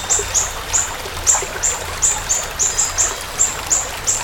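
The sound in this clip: Siri-siri bird uttering a series of many thin, high-pitched chirps.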